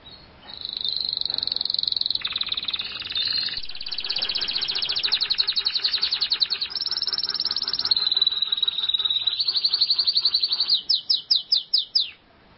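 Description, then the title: Canary in continuous varied song, rapid trills shifting speed and tone, finishing with several slower swooping notes. "Kenari"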